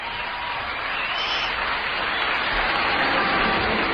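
audience applause

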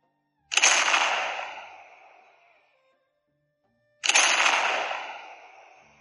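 cannon explosion

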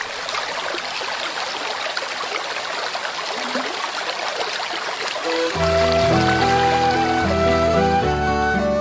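river water flowing

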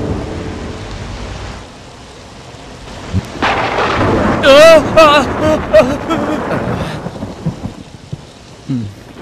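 heavy rain

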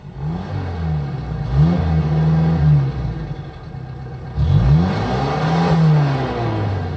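car driving past

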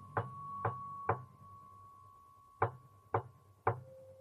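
knocking on a door

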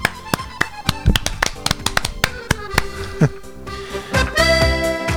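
audience applause

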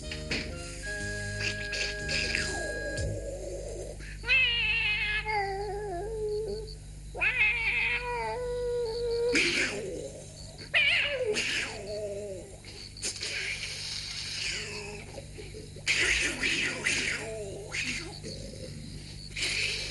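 cat meowing and caterwauling

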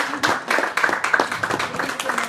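audience applause

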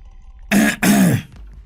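man clearing his throat

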